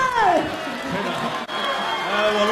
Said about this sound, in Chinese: 笑死你！别鼓掌。